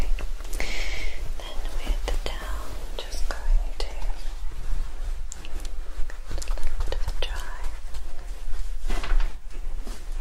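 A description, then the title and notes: Scalp massage and hair handling, with soft rustling and scratchy brushing strokes arriving in irregular bursts. Brief crisp clicks and wet-sounding touches punctuate the steady hiss, over a constant low hum. ASMR Calming Hair Play Treatment Roleplay scalp massage, hair wash & hair brushing.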